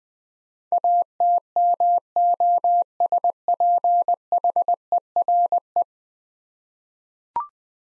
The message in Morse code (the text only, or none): ATMOSPHERE